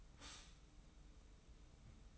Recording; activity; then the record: daily activity, microphone in the room; stop toaster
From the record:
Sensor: 1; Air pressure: 990.8 hPa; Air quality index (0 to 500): 143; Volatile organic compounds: 824 ppm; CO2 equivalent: 5150 ppm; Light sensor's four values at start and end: 21/51/21/23 and 21/51/21/23